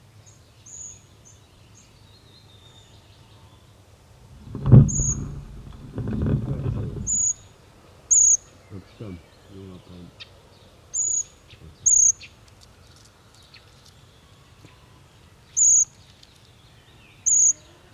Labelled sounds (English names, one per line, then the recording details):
Short-toed Treecreeper begging call
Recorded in the wild
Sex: group
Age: juvenile
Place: Schloß Holte-Stukenbrock, Senne, Nordrhein-Westfalen, DE
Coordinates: 51.8717, 8.66972
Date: 1973-06-03
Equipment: Uher 4200 Report Stereo, Bändchenmikro Beyer M 260, Parabolspiegel Polyester (600 mm)
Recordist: Conrads, Klaus